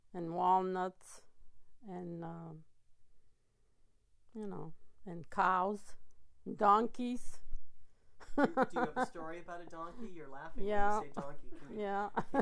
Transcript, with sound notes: and walnuts, and, you know, and cows, and donkeys. ( she laughs )
Do you have a story about a donkey? You're laughing when you say donkey.
Yeah, yeah.